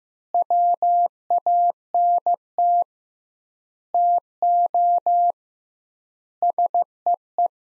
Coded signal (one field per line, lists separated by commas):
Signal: Morse code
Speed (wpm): 15 wpm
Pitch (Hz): 700 Hz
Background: none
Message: WANT TO SEE